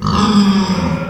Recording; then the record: squeal of a Yucatan mini pig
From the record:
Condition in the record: after surgery on the right vocal fold (resection and tissue-engineered implant); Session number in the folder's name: 15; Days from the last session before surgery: 175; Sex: female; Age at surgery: 19 weeks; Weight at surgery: 25 kg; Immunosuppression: prednisolone